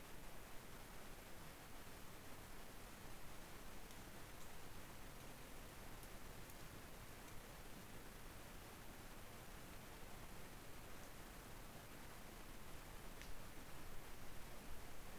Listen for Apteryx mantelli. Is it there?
no